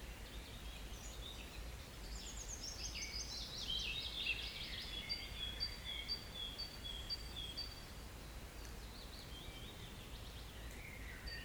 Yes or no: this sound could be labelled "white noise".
no